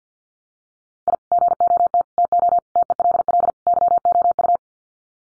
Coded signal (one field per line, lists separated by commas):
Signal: Morse code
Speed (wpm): 50 wpm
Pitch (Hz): 700 Hz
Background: none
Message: I GOT TO TELL YOU